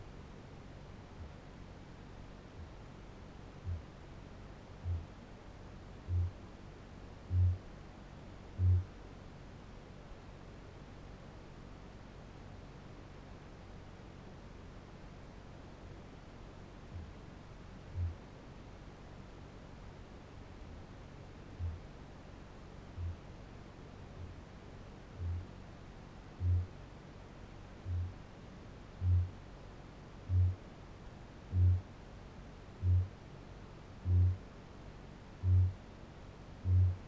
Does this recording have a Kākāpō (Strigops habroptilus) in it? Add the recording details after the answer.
yes. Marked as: faintness 5/5, faintness 3/5, faintness 2/5. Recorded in New Zealand. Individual Barnard